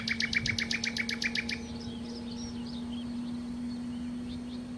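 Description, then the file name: Common nightingale song opening with a fast run of identical sharp notes for about one and a half seconds, then soft scattered warbles, over a steady low hum. "Nachtigall"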